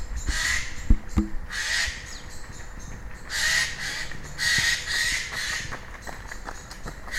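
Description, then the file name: Eurasian jay uttering hoarse, grating calls in uneven bursts, with a few sharp knocks and steady low background noise. "Garrulus glandarius"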